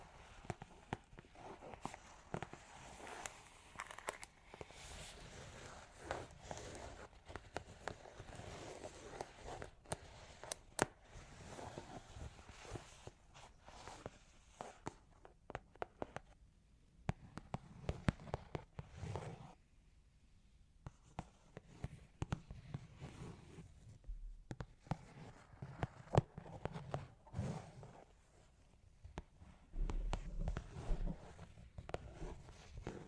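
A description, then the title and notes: Long claws tap and scratch in an irregular stream of sharp clicks and scraping strokes. The first fifteen seconds are dense and bright, with scratching filling the upper range, then the sound thins into sparser, lower, bumpier taps and brief pauses. Long Claws Tapping and Scratching (No Talking).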